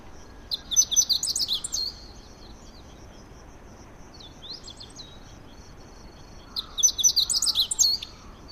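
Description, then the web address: Meadow bunting singing a rapid, high, tinkling phrase of mixed chirps, faint notes between, then the same phrase again about six seconds later, with low steady hiss beneath. "izumino saunndo hooziro"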